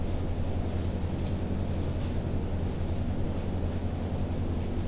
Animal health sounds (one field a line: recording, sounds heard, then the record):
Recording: poultry house recording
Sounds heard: no chicken sound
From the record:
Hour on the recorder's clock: 22